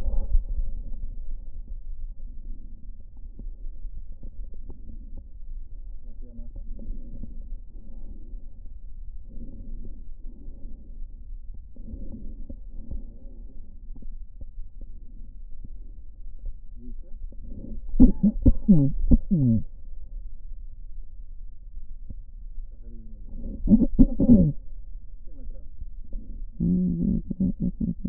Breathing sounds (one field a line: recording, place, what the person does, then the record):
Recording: lung sounds by stethoscope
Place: right posterior apical chest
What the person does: quiet breathing, then cough and speech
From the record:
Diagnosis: COPD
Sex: female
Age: 72 years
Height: 156 cm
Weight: 72 kg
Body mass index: 29.6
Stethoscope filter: diaphragm mode